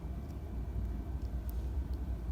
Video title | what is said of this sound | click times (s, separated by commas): Diopsys Nova ERG | just click right in and | 1.5 s